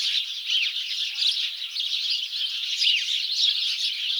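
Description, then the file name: House sparrows chirping in a dense, continuous chorus of short overlapping chirps, steady throughout with no pauses. "Passer domesticus"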